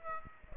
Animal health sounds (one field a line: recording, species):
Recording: mosquito wingbeat signal from an infrared sensor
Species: Aedes aegypti